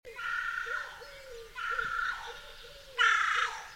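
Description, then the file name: Carrion crow giving three harsh, hoarse caws, the last louder and rougher. "Corvus corone"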